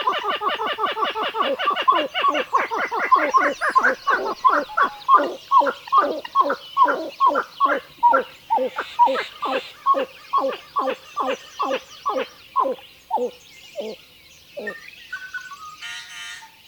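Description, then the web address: Pied-billed grebe song: rapid stuttering notes that slow into a long series of loud, hollow, downslurred cow notes, then trail off with faint higher sounds. "Songs of Birds of North America Know Your Bird Sounds Common Western Species. Pied-billed Grebe"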